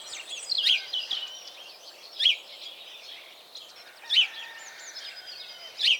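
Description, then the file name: House sparrow giving sharp, bright chirps roughly every two seconds over a softer background of continuous twittering. "Passer domesticus"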